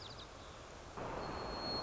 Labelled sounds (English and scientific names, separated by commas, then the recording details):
White-crowned Sparrow (Zonotrichia leucophrys)
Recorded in Sonoma County, California